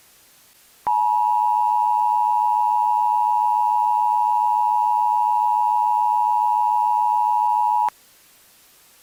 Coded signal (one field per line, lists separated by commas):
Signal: Emergency Alert System (SAME) tones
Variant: 853 and 960 Hz attention tone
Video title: [EAS SCENARIO] AROMA